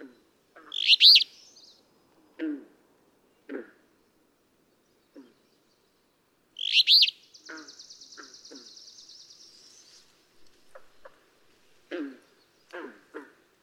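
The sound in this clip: Alder flycatcher song, a burry two-part phrase given twice about six seconds apart, with low nasal calls around it and a thin high trill after the second.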